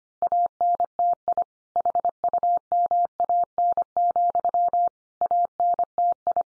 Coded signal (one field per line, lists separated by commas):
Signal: Morse code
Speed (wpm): 25 wpm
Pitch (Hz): 700 Hz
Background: none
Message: ANTI HUMAN, ANTI